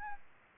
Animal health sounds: mosquito wingbeat signal from an infrared sensor; Aedes albopictus

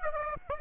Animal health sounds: mosquito wingbeat signal from an infrared sensor; Aedes aegypti

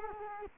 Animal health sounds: mosquito wingbeat signal from an infrared sensor; Culex quinquefasciatus

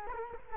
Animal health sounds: mosquito wingbeat signal from an infrared sensor; Culex quinquefasciatus

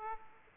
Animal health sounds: mosquito wingbeat signal from an infrared sensor; Aedes aegypti

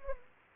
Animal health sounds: mosquito wingbeat signal from an infrared sensor; Anopheles arabiensis

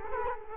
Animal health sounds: mosquito wingbeat signal from an infrared sensor; Culex quinquefasciatus

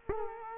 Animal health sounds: mosquito wingbeat signal from an infrared sensor; Culex quinquefasciatus

